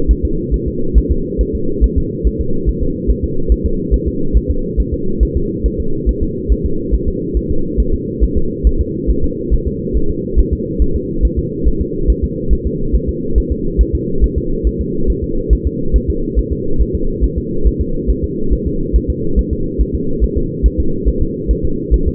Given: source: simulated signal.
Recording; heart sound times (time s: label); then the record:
fetal heart sounds
0.11 s: S1
0.25 s: S2
0.54 s: S1
0.68 s: S2
0.98 s: S1
1.11 s: S2
1.41 s: S1
1.55 s: S2
1.84 s: S1
1.98 s: S2
2.27 s: S1
2.41 s: S2
2.69 s: S1
2.83 s: S2
3.10 s: S1
3.24 s: S2
3.52 s: S1
3.66 s: S2
3.94 s: S1
4.08 s: S2
4.37 s: S1
4.51 s: S2
4.80 s: S1
4.94 s: S2
5.23 s: S1
5.37 s: S2
5.66 s: S1
5.80 s: S2
6.09 s: S1
6.23 s: S2
6.52 s: S1
6.66 s: S2
6.94 s: S1
7.08 s: S2
7.37 s: S1
7.51 s: S2
7.80 s: S1
7.94 s: S2
8.24 s: S1
8.38 s: S2
8.67 s: S1
8.81 s: S2
9.10 s: S1
9.24 s: S2
9.54 s: S1
9.68 s: S2
9.97 s: S1
10.11 s: S2
10.39 s: S1
10.53 s: S2
10.82 s: S1
10.96 s: S2
11.25 s: S1
11.39 s: S2
11.68 s: S1
11.81 s: S2
12.10 s: S1
12.24 s: S2
12.53 s: S1
12.67 s: S2
12.95 s: S1
13.09 s: S2
13.38 s: S1
13.52 s: S2
13.81 s: S1
13.95 s: S2
14.24 s: S1
14.38 s: S2
14.67 s: S1
14.81 s: S2
15.10 s: S1
15.24 s: S2
15.53 s: S1
15.67 s: S2
15.96 s: S1
16.10 s: S2
16.39 s: S1
16.52 s: S2
16.81 s: S1
16.95 s: S2
17.24 s: S1
17.38 s: S2
17.67 s: S1
17.81 s: S2
18.10 s: S1
18.24 s: S2
18.53 s: S1
18.67 s: S2
18.96 s: S1
19.10 s: S2
19.39 s: S1
19.53 s: S2
19.81 s: S1
19.95 s: S2
20.24 s: S1
20.38 s: S2
20.66 s: S1
20.80 s: S2
21.08 s: S1
21.22 s: S2
21.51 s: S1
21.65 s: S2
21.94 s: S1
22.08 s: S2
From the record:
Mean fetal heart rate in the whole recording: 140 bpm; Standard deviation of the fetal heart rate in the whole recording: 2 bpm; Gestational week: 34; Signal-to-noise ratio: -8.1 dB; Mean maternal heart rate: 72 bpm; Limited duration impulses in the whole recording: absent